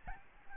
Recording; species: mosquito wingbeat signal from an infrared sensor; Aedes albopictus